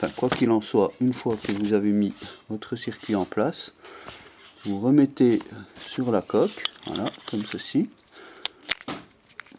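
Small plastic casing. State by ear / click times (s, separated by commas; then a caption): seated / 8.4 s, 8.7 s, 9.4 s. Someone talks while the plastic shell half of a car remote key is pressed back onto the fob after the circuit board and new battery are put back in place. Sharp plastic snaps are heard at 8.5, 8.7 and 9.4 seconds as the shell clips shut.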